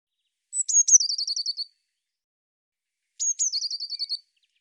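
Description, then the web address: Bird song given twice, a few seconds apart: each a high whistle and sharp chips followed by a fast, slightly descending trill. "cianscape birddata Deverinetal 2025 File cleaned normalized Bird Cy Ca"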